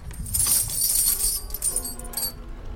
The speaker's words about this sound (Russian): Становится на колени. Это золото! Это золото! Перебирает монеты да руками. Тут тысячи долларов!